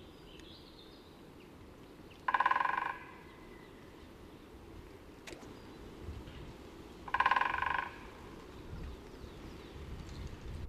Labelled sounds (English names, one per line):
Great Spotted Woodpecker drumming